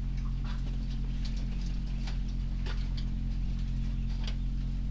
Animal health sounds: poultry house recording; sick chickens (respiratory disease)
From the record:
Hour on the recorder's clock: 2

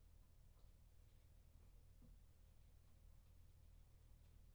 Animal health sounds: poultry house recording; no chicken sound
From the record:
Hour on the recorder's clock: 0

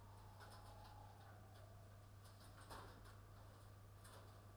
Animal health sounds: poultry house recording; healthy chickens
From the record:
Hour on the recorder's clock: 22

